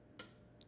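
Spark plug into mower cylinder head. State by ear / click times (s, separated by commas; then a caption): seated / 0.2 s. A metal spark plug in a Honda mower's aluminium cylinder head is turned backwards until it drops onto the start of the correct thread with a sharp pop at 0.2 s, followed by a much fainter tick at 0.6 s. The plug is seated on the correct threads.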